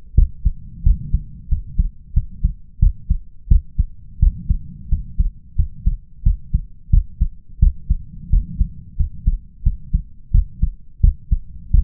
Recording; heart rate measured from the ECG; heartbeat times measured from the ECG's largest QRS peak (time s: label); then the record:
heart sounds by stethoscope; 88 bpm
0.14 s: heartbeat
0.82 s: heartbeat
1.48 s: heartbeat
2.13 s: heartbeat
2.79 s: heartbeat
3.48 s: heartbeat
4.19 s: heartbeat
4.88 s: heartbeat
5.55 s: heartbeat
6.23 s: heartbeat
6.89 s: heartbeat
7.59 s: heartbeat
8.29 s: heartbeat
8.96 s: heartbeat
9.62 s: heartbeat
10.31 s: heartbeat
11.00 s: heartbeat
11.70 s: heartbeat
From the record:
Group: healthy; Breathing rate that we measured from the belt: 16 breaths a minute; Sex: male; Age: 21 years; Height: 180 cm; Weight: 67.5 kg